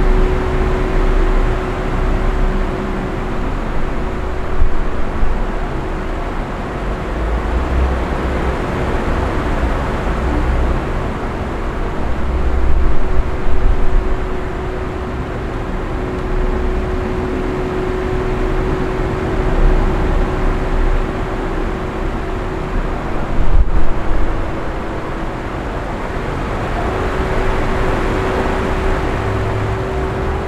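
A fan hums steadily with a dense, even whoosh and a faint constant tone, swelling slightly around 5, 13 and 24 seconds.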